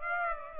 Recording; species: mosquito wingbeat signal from an infrared sensor; Aedes aegypti